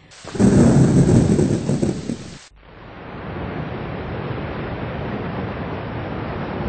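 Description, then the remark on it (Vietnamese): In a forest in the late afternoon, a loud, low rumble of thunder rolls for a couple of seconds, then cuts off into a steady, dense hiss of heavy rain pouring without a break. “Mưa bắt đầu rơi nặng hạt dần.”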